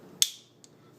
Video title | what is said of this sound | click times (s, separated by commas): DMT Dia-Fold Magna Guide: How To Use & Sharpen With This Kit | as you can hear so it holds pretty well | 0.2 s